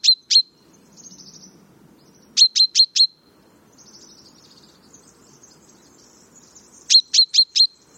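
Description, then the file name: Common chaffinch calling in short bursts: a pair of sharp notes, then two rapid runs of four clipped chinks several seconds apart, with a faint low hum between. "Fringilla coelebs"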